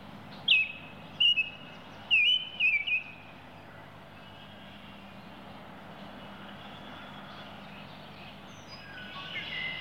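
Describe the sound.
Baltimore oriole calling: a few bright, slurred whistles within the first three seconds, then only a low background hum of noise.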